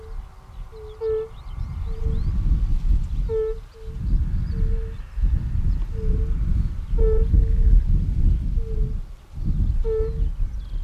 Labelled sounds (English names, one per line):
Fire-Bellied Toad call